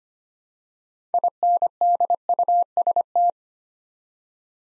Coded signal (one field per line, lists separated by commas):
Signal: Morse code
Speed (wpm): 25 wpm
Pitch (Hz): 700 Hz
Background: none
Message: INDUST